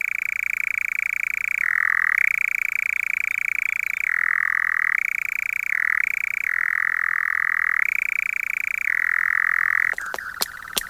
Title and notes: Tom joins in with the dawn chorus and at dusk, the eerie, electric sound of Nightjars churring